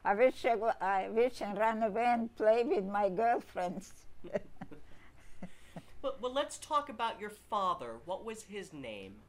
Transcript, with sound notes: I wish I — I wish I run away and play with my girlfriends. [laughs]
Well, let's talk about your father. What was his name?